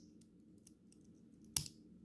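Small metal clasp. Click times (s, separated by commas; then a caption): 1.6 s. The second part of a metal dive-watch bracelet clasp is pushed closed and snaps into its locked position with a sharp, bright click at 1.6 s, followed by a faint after-tick. Before it, only soft low background noise and a few small ticks are heard. The clasp seats cleanly with a nice-sounding, well-executed snap.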